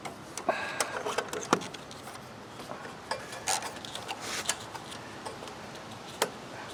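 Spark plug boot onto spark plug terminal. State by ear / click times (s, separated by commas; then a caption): seated / 6.2 s. A rubber spark plug boot is pushed back onto the terminal of a new spark plug on a snowblower engine. Several sharp ticks and handling noises are heard through the clip, and a distinct snap at 6.2 s marks the boot seating onto the plug.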